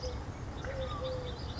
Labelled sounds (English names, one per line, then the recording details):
Eurasian Collared Dove
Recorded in Sonoma County, California